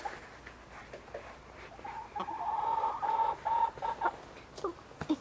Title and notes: Luring chickens - Csirkék becsalogatása. Ebben a videóban becsalogatjuk a csirkéket és elkapom Bolyhoskát a csirkét